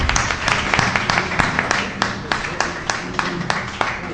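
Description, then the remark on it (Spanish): An audience applauding steadily, a dense wash of clapping with sharper individual claps standing out at a fairly regular pace, holding at a constant moderate loudness for the whole stretch. “Un aplauso, por favor.”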